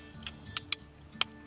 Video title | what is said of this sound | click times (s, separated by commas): Working Sheep with Living Traditions Homestead (4K) | locks into place nice | 0.7 s, 1.2 s